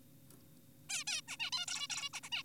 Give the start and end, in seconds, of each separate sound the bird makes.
0.90-1.04, 1.07-1.21, 1.28-1.37, 1.40-1.50, 1.52-1.66, 1.68-1.87, 1.90-2.09, 2.14-2.20, 2.24-2.30, 2.32-2.43